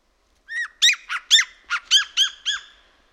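Siberian jay calls: eight harsh, squawking notes, each arched and falling, given in a quick uneven series over about two seconds, with no other sounds.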